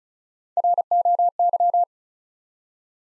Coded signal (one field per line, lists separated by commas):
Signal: Morse code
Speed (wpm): 36 wpm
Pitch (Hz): 700 Hz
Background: none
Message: ROY